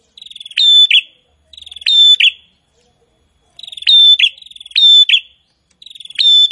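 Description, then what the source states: Prinia song: each phrase opens with a rapid ticking trill and ends in a loud, sharp high note, repeated in clear bursts with short pauses between them. Prinia singing actively (gacor).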